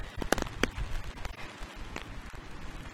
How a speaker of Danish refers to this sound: Det regner. Øser ned faktisk.